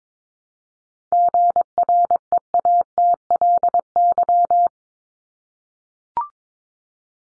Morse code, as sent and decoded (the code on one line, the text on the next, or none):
--. .-. . .- - .-.. -.--
GREATLY